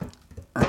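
A panel of an acrylic collectible display case is pressed into its slot in the case frame. After some quiet low handling noise, a loud, broad snap comes at 0.6 s as the panel seats into place.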